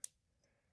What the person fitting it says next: I heard a nice little click.